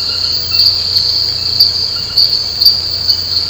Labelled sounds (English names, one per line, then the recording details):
none
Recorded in pastures near Puerto Asís, Putumayo, Colombia, on 13 March 2025 at 23:00
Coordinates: 0.466, -76.322
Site CSA-02